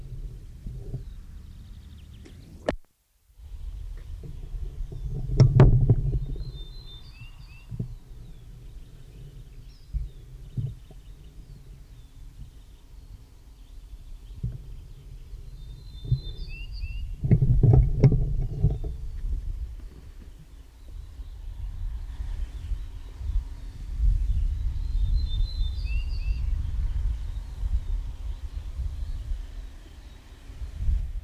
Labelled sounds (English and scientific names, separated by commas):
Ortolan Bunting (Emberiza hortulana) song